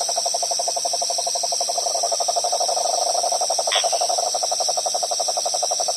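Frog call: a steady, fast pulsed trill at mid pitch that runs without a break, under a constant high insect hiss, with one brief sharp chirp midway.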